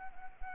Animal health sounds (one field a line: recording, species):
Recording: mosquito wingbeat signal from an infrared sensor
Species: Anopheles arabiensis